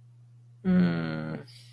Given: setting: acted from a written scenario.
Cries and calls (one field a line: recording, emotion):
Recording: vocal sound without words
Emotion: sympathy